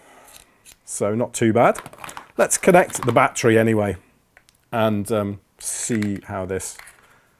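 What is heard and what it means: A battery pack is handled at the back of a Greaval GV-8S handheld two-way radio (walkie-talkie) while someone talks, with a faint, brief tick near the start. The pack has not yet seated or clicked into place by the end of the clip.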